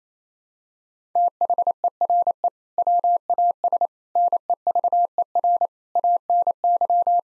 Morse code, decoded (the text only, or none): THERE WAS NEVER ANY